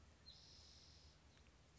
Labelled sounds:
Spotted Towhee

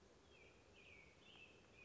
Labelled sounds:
American Robin

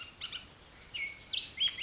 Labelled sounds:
Bullock's Oriole

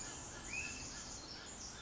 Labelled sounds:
Pacific Wren

